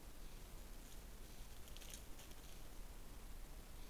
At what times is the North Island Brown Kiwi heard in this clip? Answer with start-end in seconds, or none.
none